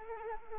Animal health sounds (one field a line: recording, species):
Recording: mosquito wingbeat signal from an infrared sensor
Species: Anopheles arabiensis